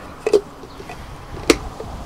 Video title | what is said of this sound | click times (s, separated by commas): Mitsubishi fuso Canter oil change 4p10 | Hear that? Click! We're in. | 1.5 s